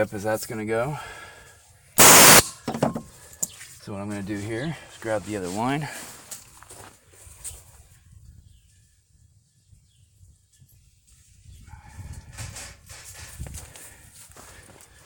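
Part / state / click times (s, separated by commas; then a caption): air suspension line fitting into rear air shock / not seated / none. Someone talks while taking the second air suspension line and working its fitting toward the rear air shock on a 2002 Pontiac Bonneville during a rear air shock replacement. A loud broadband burst comes at about 2.0–2.4 seconds, followed by several small hits at 2.8, 3.4, 6.3 and 13.8 seconds amid quieter handling noise. The fitting has not clicked or seated into the shock yet.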